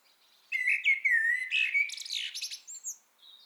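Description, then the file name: Eurasian blackbird song phrase: a rich, low fluting warble that breaks into scratchy, high-pitched twittering notes at the end. "Turdus merula"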